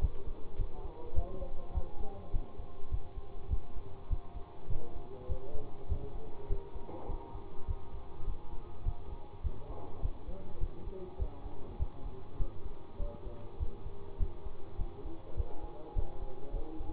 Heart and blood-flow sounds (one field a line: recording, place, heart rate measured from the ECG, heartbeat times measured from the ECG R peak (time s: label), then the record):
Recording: heart sounds by stethoscope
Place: between the tricuspid and mitral areas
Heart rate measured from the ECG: 102 bpm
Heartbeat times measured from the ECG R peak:
0.01 s: heartbeat
0.58 s: heartbeat
1.15 s: heartbeat
1.74 s: heartbeat
2.32 s: heartbeat
2.91 s: heartbeat
3.50 s: heartbeat
4.09 s: heartbeat
4.69 s: heartbeat
5.28 s: heartbeat
5.88 s: heartbeat
6.49 s: heartbeat
7.08 s: heartbeat
7.67 s: heartbeat
8.26 s: heartbeat
8.85 s: heartbeat
9.43 s: heartbeat
10.02 s: heartbeat
10.60 s: heartbeat
11.18 s: heartbeat
11.78 s: heartbeat
12.38 s: heartbeat
12.99 s: heartbeat
13.59 s: heartbeat
14.19 s: heartbeat
14.78 s: heartbeat
15.36 s: heartbeat
15.95 s: heartbeat
16.53 s: heartbeat
From the record:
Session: bicycle stress test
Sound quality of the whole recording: good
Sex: male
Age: 24 years